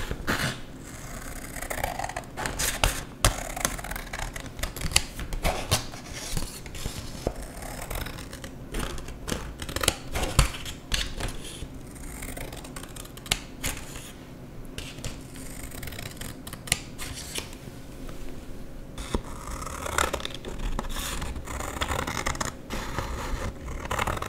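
Paper is cut with scissors and crumpled, a dense run of sharp snips and crackling rustles continuing unevenly throughout, with brief quieter gaps.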